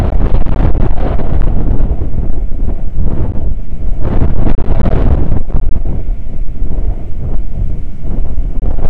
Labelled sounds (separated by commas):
wind